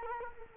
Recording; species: mosquito wingbeat signal from an infrared sensor; Culex quinquefasciatus